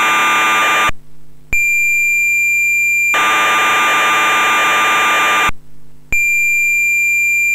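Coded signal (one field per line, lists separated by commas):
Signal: computer data on cassette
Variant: MSX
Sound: harsh buzzing data bursts alternating with steady high pilot tones, brief silences between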